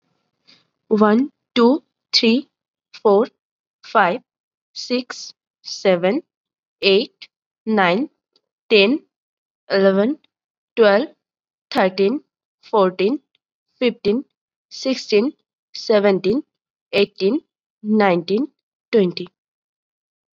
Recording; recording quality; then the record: counting at a normal pace; excellent, no background noise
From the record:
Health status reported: COVID-19 positive, mild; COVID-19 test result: positive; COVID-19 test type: RT-PCR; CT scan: not taken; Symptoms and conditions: cough, fever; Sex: female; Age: 19 years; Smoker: no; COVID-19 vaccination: both doses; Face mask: worn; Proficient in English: yes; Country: India